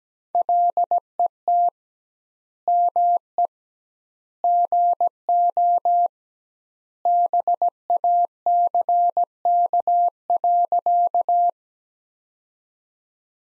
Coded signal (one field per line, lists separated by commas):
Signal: Morse code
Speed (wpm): 17 wpm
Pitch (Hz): 700 Hz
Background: none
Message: LET ME GO BACK.